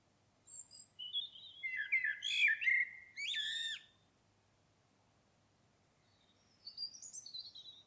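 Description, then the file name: Common blackbird singing one rich, mellow warbled phrase that climbs into high, scratchy squeaks, then a faint high twitter after a pause. "Turdus merula"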